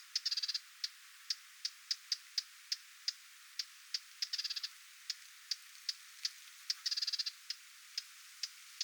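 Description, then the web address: Lesser whitethroat repeating dry tack notes at an uneven pace, with brief stuttering rattles near the start, middle and later. Parent bird giving attention calls near its fledglings, 20 July 2026. "paivat 20 7 2026 hernekerttulintuemon huomioaantelya lentopoikastensa lahella"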